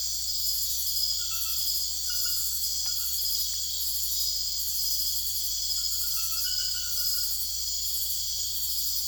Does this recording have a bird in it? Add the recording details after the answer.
no. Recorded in secondary vegetation near Puerto Asís, Putumayo, Colombia, on 21 December 2024 at 22:30. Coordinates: 0.488, -76.319. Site GP04